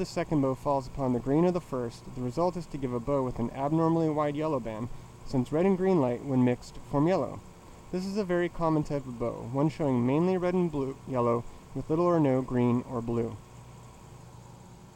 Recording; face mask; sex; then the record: reading aloud; surgical mask; male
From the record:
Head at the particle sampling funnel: tilted down, bridge of the nose in front of it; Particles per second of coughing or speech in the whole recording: 1.81